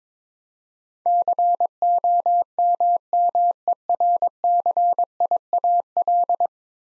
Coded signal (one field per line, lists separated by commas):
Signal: Morse code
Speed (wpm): 22 wpm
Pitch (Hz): 700 Hz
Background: none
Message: COMMERCIAL